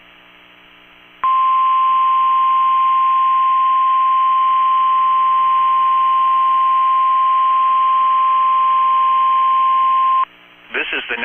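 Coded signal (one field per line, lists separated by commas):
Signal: Emergency Alert System (SAME) tones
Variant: 1050 Hz attention tone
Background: speech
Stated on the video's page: Weekly tests from NOAA weather radio.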